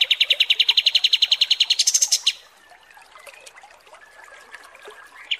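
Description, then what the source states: Kapas tembak song: a rapid pulsed trill jumping to higher notes near its end, then a quieter stretch with faint chirps. Masteran training recording of kapas tembak song.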